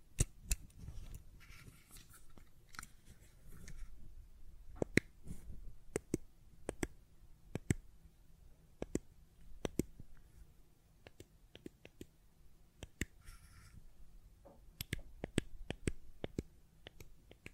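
A fidget cube is tapped and clicked in sharp, irregular bursts, some quick clusters and lone snaps, over a faint low rumble throughout.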